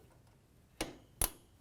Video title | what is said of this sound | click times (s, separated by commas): $500 Gaming PC - Pentium G4560 - Part 3 - Build Video | lock and each one clicked now I don't know if you'll | 1.2 s